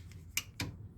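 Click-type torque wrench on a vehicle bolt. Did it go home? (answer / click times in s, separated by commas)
yes / 0.4 s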